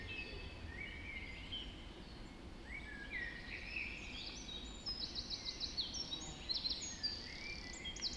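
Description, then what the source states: Dawn chorus of mixed birdsong, clear whistled phrases and rapid trills from several birds, growing busier toward the end, over soft low rumble. Dawn chorus recorded just after dawn in the Forest of Dean.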